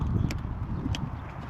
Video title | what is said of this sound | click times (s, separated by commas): Wild Heart Waterproof Soft Pannier Motorcycle Saddlebags Gear Review - 179 | 好的，扣好之后，还记得前面那根单独的绑带吗？ | 0.3 s, 0.9 s